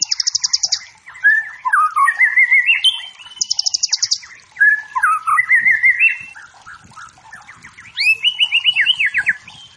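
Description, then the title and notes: White-rumped shama song: a fast high trill, then looping whistled phrases rising and falling, repeated in varied bursts, with soft background chirps. Wild forest white-rumped shama singing energetically; used as training song for competition birds, said to provoke fighting spirit. "Murai Batu Hutan. Murai Batu Gacor"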